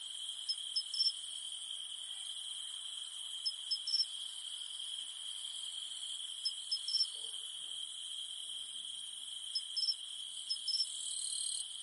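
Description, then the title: Cicada hum: a constant piercing drone under a fine upper hiss, with short twin chirps recurring about every three seconds. In the mountains at night. "In the mountains at night, only the humming of cicadas remains"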